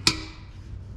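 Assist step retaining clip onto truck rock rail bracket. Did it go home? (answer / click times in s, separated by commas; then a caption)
yes / 0.1 s. A GMC removable assist step's retaining clip on a 2023 GMC Canyon AT4X is pushed onto its mounting bracket under the truck's rock rail. A single sharp, bright snap at 0.1 s carries ringing high tones that fade over about half a second, followed by quiet low background sound. The clip snaps in and is seated.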